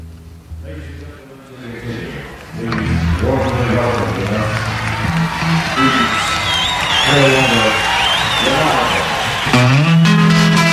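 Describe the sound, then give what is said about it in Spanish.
A crowd bursts into sustained applause and cheering a couple of seconds in, with scattered whoops and whistles, mixed with tonal music or voices underneath, staying loud to the end. “Ajá, ¿para quién son esos aplausos?”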